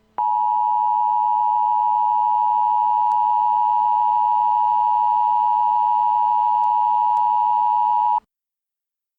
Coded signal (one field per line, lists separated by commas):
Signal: Emergency Alert System (SAME) tones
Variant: 853 and 960 Hz attention tone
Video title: Eas Scenario: IT chapter 2 Rioting (Re uploaded)